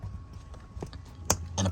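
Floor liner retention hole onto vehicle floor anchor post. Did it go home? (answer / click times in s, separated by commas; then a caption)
yes / 1.3 s. A driver-side LASFIT custom rubber floor liner for a BMW X3 G01 is pressed down so its retention hole fits over the car's floor anchor post. A few faint taps come at about 0.8 and 0.9 seconds, then a sharp, bright click at 1.3 seconds as the retention clip snaps on, followed by a brief broadband rustle near the end. The liner is seated on the anchor.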